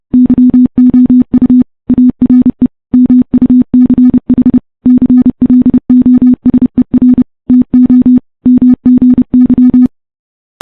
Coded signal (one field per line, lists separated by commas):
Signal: Morse code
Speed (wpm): 30 wpm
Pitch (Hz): 250 Hz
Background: none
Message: YOU ARE MUCH CLOSER TO MGY